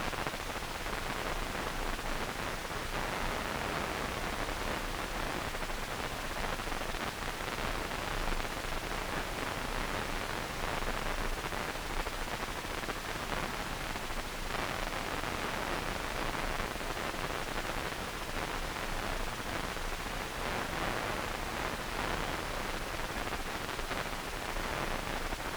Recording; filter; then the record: brain microelectrode recording played as sound; wide band, above 20 Hz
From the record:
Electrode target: subthalamic nucleus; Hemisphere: right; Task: reaching with the left hand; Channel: 2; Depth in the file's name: 1.506 mm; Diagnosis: Parkinson's disease